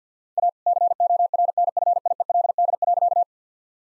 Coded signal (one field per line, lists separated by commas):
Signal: Morse code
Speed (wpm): 50 wpm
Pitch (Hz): 700 Hz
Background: none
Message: A CORNFIELD.